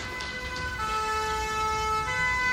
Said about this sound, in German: Polizeisirenen kombiniert mit Musik aus einer nahegelegenen Kneipe.